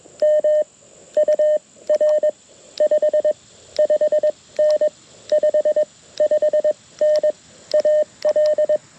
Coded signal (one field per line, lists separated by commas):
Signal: Morse code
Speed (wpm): 19 wpm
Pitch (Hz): 590 Hz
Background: none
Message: M UR 55N 55N AL